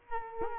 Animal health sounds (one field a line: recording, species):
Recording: mosquito wingbeat signal from an infrared sensor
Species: Culex quinquefasciatus